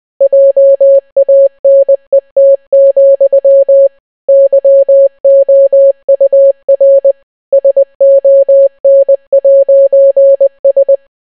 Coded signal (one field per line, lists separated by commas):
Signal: Morse code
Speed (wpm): 20 wpm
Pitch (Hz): 550 Hz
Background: none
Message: JANET, YOUR SON'S